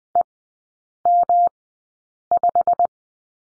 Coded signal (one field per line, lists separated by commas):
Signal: Morse code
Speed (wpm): 20 wpm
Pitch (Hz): 700 Hz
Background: none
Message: EM5